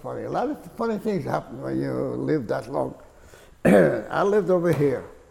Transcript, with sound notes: A lot of funny things happen when you live that long. [clears throat] I lived over here,